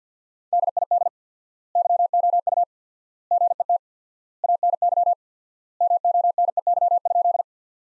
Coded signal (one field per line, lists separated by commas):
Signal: Morse code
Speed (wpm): 50 wpm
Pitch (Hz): 700 Hz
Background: none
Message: DID YOU GET ANY MONEY?